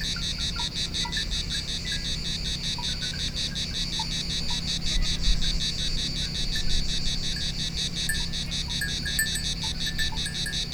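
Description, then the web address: Cicada song: a shrill pulsed drone throughout, with scattered soft chirps and a low hum. Recorded on Thassos, Greece, in 2016. "hanggyujtemeny gorogtaj thassos 2016 ketkaboca kecskekrovarok kecskesut"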